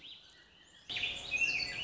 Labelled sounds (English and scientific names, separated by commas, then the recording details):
Warbling Vireo (Vireo gilvus)
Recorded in Sonoma County, California